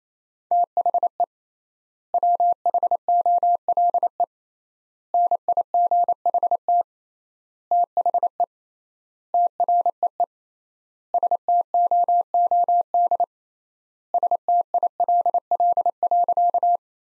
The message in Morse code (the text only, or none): THE WHOLE NIGHT THE TREE STOOD STILL.